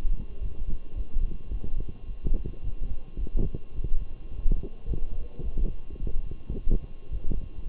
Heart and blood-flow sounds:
heart sounds by stethoscope; between the tricuspid and mitral areas; 108 bpm
0.40 s: heartbeat
0.95 s: heartbeat
1.50 s: heartbeat
2.05 s: heartbeat
2.61 s: heartbeat
3.17 s: heartbeat
3.73 s: heartbeat
4.30 s: heartbeat
4.86 s: heartbeat
5.42 s: heartbeat
5.98 s: heartbeat
6.55 s: heartbeat
7.10 s: heartbeat
7.64 s: heartbeat
From the record:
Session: walking at 3.7 km/h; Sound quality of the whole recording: good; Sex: male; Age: 23 years

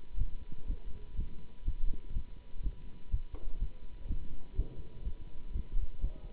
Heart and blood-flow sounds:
heart sounds by stethoscope; between the tricuspid and mitral areas; 124 bpm
0.17 s: heartbeat
0.66 s: heartbeat
1.15 s: heartbeat
1.64 s: heartbeat
2.13 s: heartbeat
2.62 s: heartbeat
3.10 s: heartbeat
3.58 s: heartbeat
4.07 s: heartbeat
4.55 s: heartbeat
5.03 s: heartbeat
5.52 s: heartbeat
6.00 s: heartbeat
From the record:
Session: Bruce protocol treadmill stress test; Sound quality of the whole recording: good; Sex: male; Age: 24 years

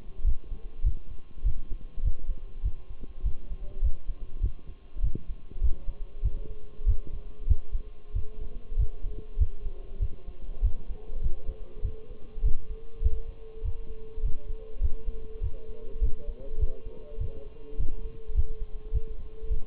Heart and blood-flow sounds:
heart sounds by stethoscope; between the tricuspid and mitral areas; 100 bpm
0.26 s: heartbeat
0.85 s: heartbeat
1.45 s: heartbeat
2.04 s: heartbeat
2.65 s: heartbeat
3.25 s: heartbeat
3.84 s: heartbeat
4.43 s: heartbeat
5.03 s: heartbeat
5.63 s: heartbeat
6.24 s: heartbeat
6.88 s: heartbeat
7.49 s: heartbeat
8.15 s: heartbeat
8.78 s: heartbeat
9.40 s: heartbeat
10.01 s: heartbeat
10.64 s: heartbeat
11.23 s: heartbeat
11.84 s: heartbeat
12.44 s: heartbeat
13.03 s: heartbeat
13.64 s: heartbeat
14.24 s: heartbeat
14.82 s: heartbeat
15.43 s: heartbeat
16.02 s: heartbeat
16.61 s: heartbeat
17.20 s: heartbeat
17.79 s: heartbeat
18.36 s: heartbeat
18.94 s: heartbeat
19.51 s: heartbeat
From the record:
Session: Bruce protocol treadmill stress test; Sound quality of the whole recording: partially saturated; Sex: male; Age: 23 years

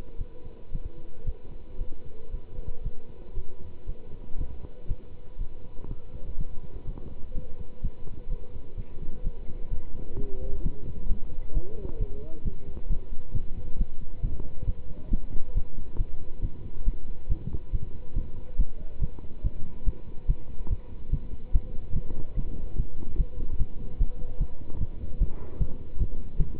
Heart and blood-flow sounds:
heart sounds by stethoscope; between the tricuspid and mitral areas; 133 bpm
0.17 s: heartbeat
0.70 s: heartbeat
1.23 s: heartbeat
1.77 s: heartbeat
2.30 s: heartbeat
2.81 s: heartbeat
3.33 s: heartbeat
3.85 s: heartbeat
4.36 s: heartbeat
4.86 s: heartbeat
5.37 s: heartbeat
5.87 s: heartbeat
6.36 s: heartbeat
6.85 s: heartbeat
7.33 s: heartbeat
7.80 s: heartbeat
8.28 s: heartbeat
8.75 s: heartbeat
9.22 s: heartbeat
9.69 s: heartbeat
10.15 s: heartbeat
10.62 s: heartbeat
11.07 s: heartbeat
11.53 s: heartbeat
11.98 s: heartbeat
12.43 s: heartbeat
12.88 s: heartbeat
13.33 s: heartbeat
13.77 s: heartbeat
14.21 s: heartbeat
14.65 s: heartbeat
15.09 s: heartbeat
15.53 s: heartbeat
15.97 s: heartbeat
16.41 s: heartbeat
16.84 s: heartbeat
17.28 s: heartbeat
17.71 s: heartbeat
18.14 s: heartbeat
18.57 s: heartbeat
19.00 s: heartbeat
19.42 s: heartbeat
19.85 s: heartbeat
20.27 s: heartbeat
20.69 s: heartbeat
21.10 s: heartbeat
21.52 s: heartbeat
21.94 s: heartbeat
22.35 s: heartbeat
22.76 s: heartbeat
23.17 s: heartbeat
23.58 s: heartbeat
23.98 s: heartbeat
24.39 s: heartbeat
24.79 s: heartbeat
25.19 s: heartbeat
25.59 s: heartbeat
25.98 s: heartbeat
26.37 s: heartbeat
From the record:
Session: pedaling a stationary bicycle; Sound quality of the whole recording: good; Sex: male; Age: 27 years

